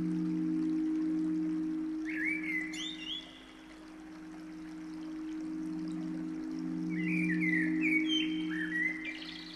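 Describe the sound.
Bird song: short rising chirps and slurred whistles in two bursts, heard over a constant low mechanical hum.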